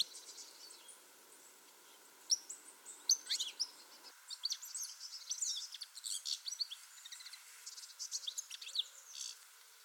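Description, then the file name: European goldfinch twitter: after two quiet seconds, dense, liquid, tinkling notes run almost continuously at high pitch until the end. "Carduelis carduelis"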